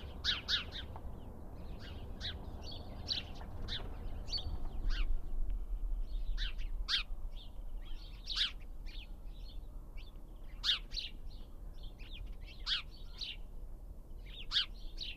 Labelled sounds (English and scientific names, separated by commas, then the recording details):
House Sparrow (Passer domesticus) call
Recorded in the wild
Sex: diverse
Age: adult
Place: Kremmen, Kremmener Luch, Brandenburg, DE
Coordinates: 52.7486, 13.0667
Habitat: village
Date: 2013-03-16
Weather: sunny, almost windless, -10°C
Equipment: Sound Devices 702, Sennheiser MKH 70, Rycote Windschutz
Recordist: Frommolt, Karl-Heinz